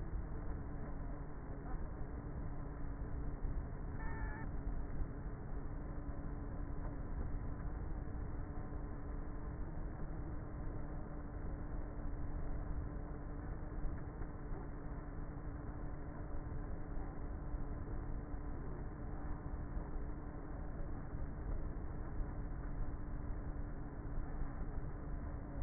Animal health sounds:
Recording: honeybee colony, microphone inside the hive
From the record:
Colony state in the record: queenless with a low population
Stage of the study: before two queens were removed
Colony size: about 30,000 bees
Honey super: no

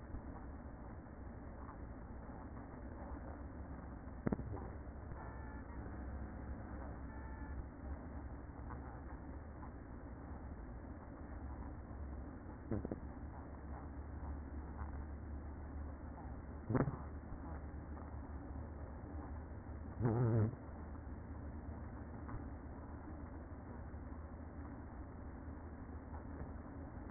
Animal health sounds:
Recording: honeybee colony, microphone inside the hive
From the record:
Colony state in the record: queen present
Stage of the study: after two queens were removed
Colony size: about 60,000 bees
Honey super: yes

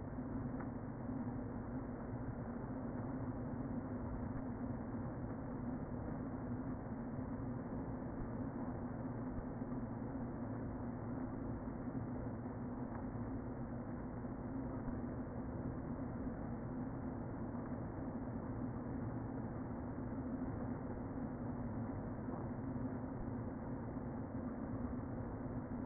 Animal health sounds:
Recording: honeybee colony, microphone inside the hive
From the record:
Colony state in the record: queen present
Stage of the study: before two queens were removed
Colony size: about 60,000 bees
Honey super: yes

